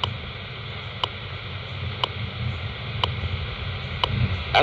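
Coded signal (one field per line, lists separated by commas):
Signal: radio time signal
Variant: WWV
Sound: sharp clicks once per second, about four, over steady radio hiss and low rumble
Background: radio static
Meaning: Each tick marks one second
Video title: WWV 25.000 MHz AM Full Scale Signal! Cobra HA-TA CB Antenna - 3 September 2024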